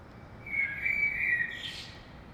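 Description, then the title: Common blackbird with a single sustained, melodious whistled phrase ending in a high, wispy twitter. Saint-Gilles, Belgium; early morning; recorded with a DPA 2006c AB pair into a Zoom F3. "Saint-Gilles, Belgique - Blackbird - Merle"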